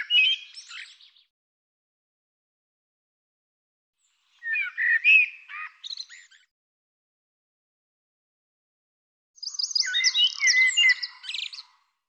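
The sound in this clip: Bird song in three bursts of chirpy, twittering phrases, separated by several seconds of quiet.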